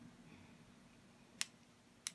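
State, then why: Seated. A metal jump ring is closed by twisting its ends front to back and working them together. Against a quiet low background, a short sharp click sounds at 1.4 seconds, and a second click at 2.1 seconds marks the ends meeting. The ring's ends are confirmed to have clicked together and closed.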